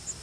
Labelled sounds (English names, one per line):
Yellow Warbler flight call